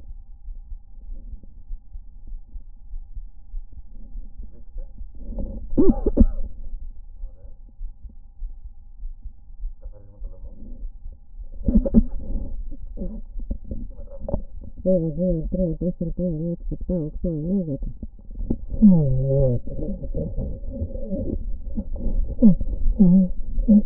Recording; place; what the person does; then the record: lung sounds by stethoscope; right anterior apical chest; quiet breathing, then cough and speech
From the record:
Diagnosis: interstitial lung disease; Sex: female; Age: 70 years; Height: 160 cm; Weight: 93 kg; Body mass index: 36.3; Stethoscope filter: diaphragm mode